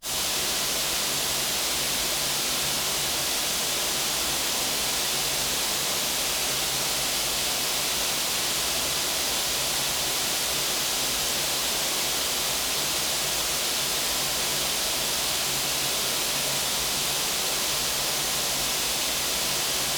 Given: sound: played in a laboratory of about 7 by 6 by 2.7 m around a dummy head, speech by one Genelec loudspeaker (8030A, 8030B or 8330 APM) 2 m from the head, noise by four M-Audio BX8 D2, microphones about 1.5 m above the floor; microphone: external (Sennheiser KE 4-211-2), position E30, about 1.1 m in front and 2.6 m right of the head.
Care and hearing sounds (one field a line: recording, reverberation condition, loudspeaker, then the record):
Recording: white noise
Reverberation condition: high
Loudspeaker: four, about 170 cm from the corners of the room and facing them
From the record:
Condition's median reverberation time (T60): about 1300 ms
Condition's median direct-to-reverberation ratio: about -4.0 dB